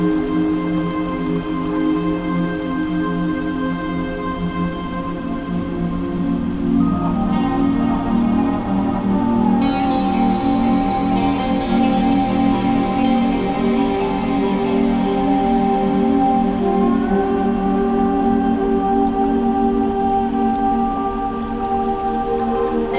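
Water droplets patter over a soft piano background, the sustained notes forming a steady, warm bed in the low and middle range. New piano tones enter around 7, 10 and 17 seconds, while the dripping stays constant and fine throughout at an even level.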